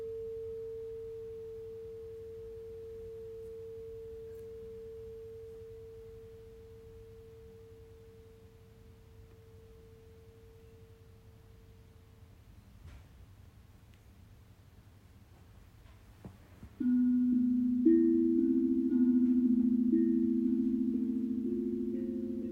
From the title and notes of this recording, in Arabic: تقدّم … في هذه الحلقة جلسة علاج بالصوت عبر استخدام تقنية أوعية الغناء التبتية والأوعية الكريستالية .